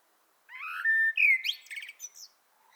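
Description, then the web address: Common blackbird song: a rising fluted note, a long steady whistle, then a swooping squeaky trill and a few faint high notes. "pub SETE data Turdus merula"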